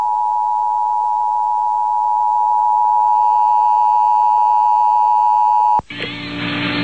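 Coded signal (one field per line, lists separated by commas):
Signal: Emergency Alert System (SAME) tones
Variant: 853 and 960 Hz attention tone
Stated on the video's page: Required Monthly Test from Albany, NY.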